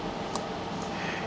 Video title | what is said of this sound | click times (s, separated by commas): Minolta X-700 Video Manual 2 of 2 | Put them next to each other, and then just rotate the lens until it clicks. | 0.4 s